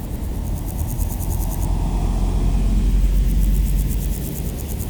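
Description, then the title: Grasshopper stridulation: rapid rhythmic high-pitched pulses in two bursts, at the start and again near the end, set against steady heavy traffic rumble. Road D633, Aveize, France; grasshoppers heard with passing cars; Sony PCM-M10, Luhd AB microphone position. "D633, Aveize, France - Sauterelles - Grasshoppers"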